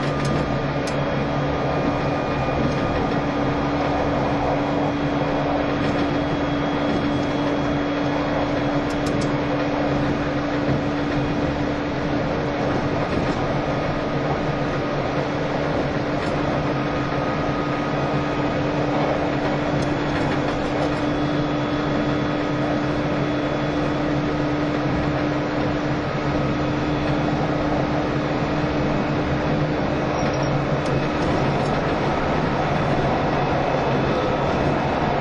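A train runs steadily for the whole stretch, a dense, even rumble with a constant droning hum beneath it and a faint high whine above. The level barely changes, with only occasional small clicks and rattles scattered through.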